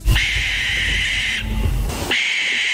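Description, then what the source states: Barn owl screech: a long harsh hissing scream held for over a second, a brief gap, then the rasping screech starts again. Took last place in a bird-sound ranking.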